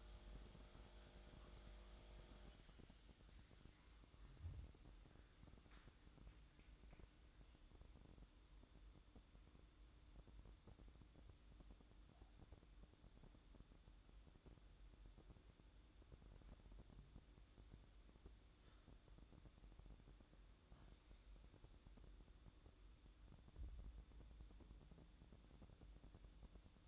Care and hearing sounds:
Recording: daily activity, microphone in the room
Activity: make coffee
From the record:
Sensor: 3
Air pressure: 1007.3 hPa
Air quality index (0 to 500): 54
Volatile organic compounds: 1 ppm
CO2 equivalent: 590 ppm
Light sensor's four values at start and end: 8/19/8/8 and 8/18/7/7

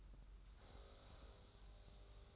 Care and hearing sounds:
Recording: daily activity, microphone in the room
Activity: make coffee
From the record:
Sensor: 3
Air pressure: 994.4 hPa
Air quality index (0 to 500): 205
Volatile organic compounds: 1000 ppm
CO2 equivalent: 6829 ppm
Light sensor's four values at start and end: 179/430/179/176 and 184/442/185/182

